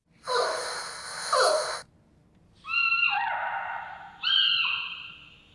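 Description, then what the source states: Giant panda cub calls: a long, rough, breathy bleat, then two tonal honking bleats that each drop in pitch partway through. Young giant panda, a cub; pandas are said to bleat, honk, chirp, roar and squeal.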